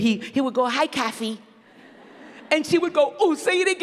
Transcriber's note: laughter